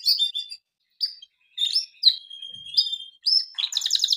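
Canary song in short bursts: varied chirps and whistled slides separated by brief pauses, ending in a fast rattling trill.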